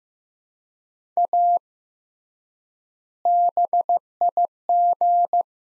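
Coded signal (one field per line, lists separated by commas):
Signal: Morse code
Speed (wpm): 15 wpm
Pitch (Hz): 700 Hz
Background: none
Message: A BIG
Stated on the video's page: Morse practice drill, sets of two words at 15 wpm with 3x word spacing, Farnsworth-like method.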